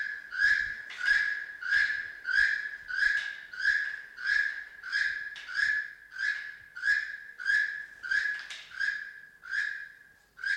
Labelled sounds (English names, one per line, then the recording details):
Keel-billed Toucan call
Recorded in captivity
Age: adult
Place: Zoo Berlin, Berlin, DE
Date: 1992-08-22 12:04
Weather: heiter, 17-20°C
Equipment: Marantz CP 430, Sennheiser ME 80, Kopie Tesla B 116
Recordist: Tembrock, Günter
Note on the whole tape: Ende einer Rufreihe, Abstand ca. 2 m